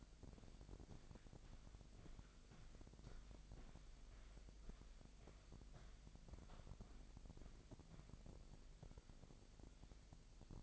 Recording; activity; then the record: daily activity, microphone in the room; walk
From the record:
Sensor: 5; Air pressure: 1001.7 hPa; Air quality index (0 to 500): 182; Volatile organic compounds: 12 ppm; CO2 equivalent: 2340 ppm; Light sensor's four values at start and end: 30/100/38/40 and 30/100/37/40